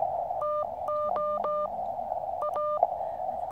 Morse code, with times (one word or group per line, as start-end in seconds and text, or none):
0.4-1.7 TO
2.4-2.8 A